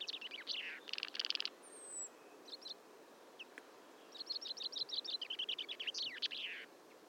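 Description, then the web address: Common chaffinch song, a long run of clear notes near the end that drops in pitch, after a buzzy burst and a thin high whistle. "SETE data Fringilla coelebs"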